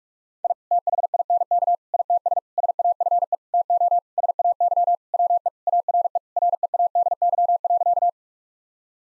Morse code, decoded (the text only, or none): I THINK ITS SAFE TO SAY WE ARE READY.